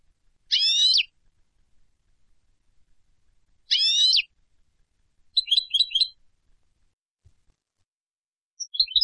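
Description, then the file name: European goldfinch calls: two short harmonic notes about three seconds apart, then a quick twittering trill and a brief chirp at the end, all high-pitched. "Carduelis carduelis"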